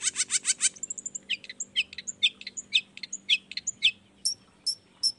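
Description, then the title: Long-tailed shrike song: rapid scratchy chatter and high whistled notes mixed with buzzy phrases, busy and varied, with faint low hum behind. Recorded in the morning; called a chattering, well-singing bird, with 'toet toet' voice variations, played to stimulate lazy shrikes to start singing. "Cendet Gacor Dor Di Kala Pagi Toet Toet Variasi Suara. Cendet Gacor Di Pagi Hari Rangsangan Emosi Cendet Malas Bunyi Supaya Secepatnya Ikutan Bunyi"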